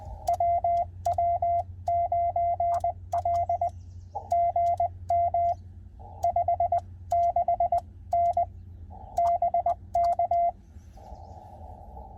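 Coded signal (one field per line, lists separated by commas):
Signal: Morse code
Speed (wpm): 20 wpm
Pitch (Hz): 690 Hz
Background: radio noise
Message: WW9L GM 56N BK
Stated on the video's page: CW Parks on the Air activation at a state park.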